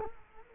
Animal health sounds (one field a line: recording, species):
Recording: mosquito wingbeat signal from an infrared sensor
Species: Culex quinquefasciatus